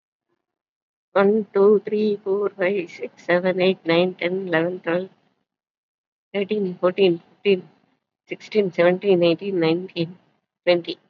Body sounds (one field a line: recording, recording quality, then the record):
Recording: counting at a fast pace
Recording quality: excellent, no background noise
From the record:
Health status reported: COVID-19 positive, moderate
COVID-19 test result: positive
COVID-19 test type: RT-PCR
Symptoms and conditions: cough, fatigue, muscle pain, pneumonia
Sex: female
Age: 68 years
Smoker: no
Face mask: worn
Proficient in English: no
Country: India